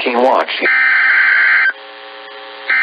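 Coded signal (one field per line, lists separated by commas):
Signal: Emergency Alert System (SAME) tones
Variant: header bursts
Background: speech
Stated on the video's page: Hurricane and tropical storm warning tones from NOAA Weather Radio station in Daytona Beach, Florida.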